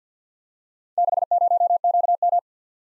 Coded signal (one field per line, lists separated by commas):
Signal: Morse code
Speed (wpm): 47 wpm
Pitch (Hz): 700 Hz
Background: none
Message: 60QM